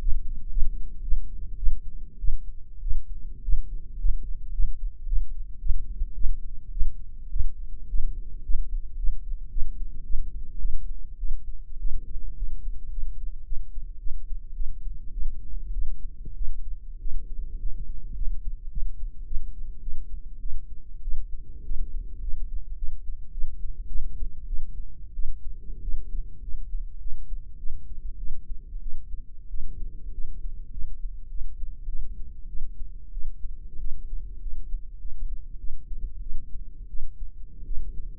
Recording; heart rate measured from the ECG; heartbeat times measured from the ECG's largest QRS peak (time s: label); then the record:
heart sounds by microphone in the right ear; 102 bpm
0.03 s: heartbeat
0.53 s: heartbeat
1.04 s: heartbeat
1.59 s: heartbeat
2.20 s: heartbeat
2.83 s: heartbeat
3.44 s: heartbeat
4.00 s: heartbeat
4.54 s: heartbeat
5.08 s: heartbeat
5.61 s: heartbeat
6.16 s: heartbeat
6.73 s: heartbeat
7.32 s: heartbeat
7.90 s: heartbeat
8.45 s: heartbeat
8.99 s: heartbeat
9.52 s: heartbeat
10.06 s: heartbeat
10.61 s: heartbeat
11.19 s: heartbeat
11.81 s: heartbeat
12.38 s: heartbeat
12.92 s: heartbeat
13.47 s: heartbeat
14.01 s: heartbeat
14.56 s: heartbeat
15.13 s: heartbeat
15.74 s: heartbeat
16.37 s: heartbeat
17.01 s: heartbeat
17.61 s: heartbeat
18.17 s: heartbeat
18.72 s: heartbeat
19.27 s: heartbeat
19.82 s: heartbeat
20.41 s: heartbeat
21.03 s: heartbeat
21.65 s: heartbeat
22.22 s: heartbeat
22.78 s: heartbeat
23.33 s: heartbeat
23.89 s: heartbeat
24.48 s: heartbeat
25.15 s: heartbeat
25.83 s: heartbeat
26.43 s: heartbeat
27.01 s: heartbeat
27.59 s: heartbeat
28.19 s: heartbeat
28.82 s: heartbeat
29.50 s: heartbeat
30.14 s: heartbeat
30.73 s: heartbeat
31.30 s: heartbeat
31.89 s: heartbeat
32.49 s: heartbeat
33.13 s: heartbeat
33.80 s: heartbeat
34.41 s: heartbeat
35.00 s: heartbeat
35.59 s: heartbeat
36.22 s: heartbeat
36.89 s: heartbeat
37.66 s: heartbeat
From the record:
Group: healthy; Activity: rest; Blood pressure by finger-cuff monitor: 116/71 mmHg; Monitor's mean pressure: 85 mmHg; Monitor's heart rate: 103 bpm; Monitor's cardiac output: 9 L/min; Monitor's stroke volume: 87 mL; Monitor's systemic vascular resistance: 690 dyn s/cm5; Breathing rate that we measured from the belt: 14 breaths a minute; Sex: female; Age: 22 years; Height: 157 cm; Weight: 47.6 kg